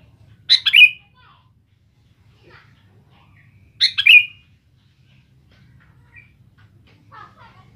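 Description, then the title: Sooty-headed bulbul song: two loud bubbly phrases about three seconds apart, followed by faint scattered notes. "Kutilang"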